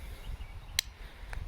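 An inline wire tensioner on a monofilament garden fence line is used to pull the line tight, giving one sharp ratchet click at 0.8 s, followed by a fainter click at 1.3 s over a low background rumble. The tensioner clicks tight and locks the line so it does not shift in the wind.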